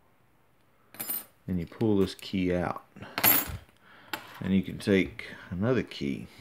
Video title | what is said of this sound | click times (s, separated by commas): (021) Kwikset Smartkey Padlock Picked | it in that little hole till it clicks, | 1.0 s